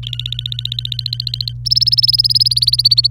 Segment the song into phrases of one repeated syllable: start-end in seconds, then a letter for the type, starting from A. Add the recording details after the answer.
0.03-1.52 A, 1.65-3.07 B. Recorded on 26 April 2018 at 11:39. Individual llb3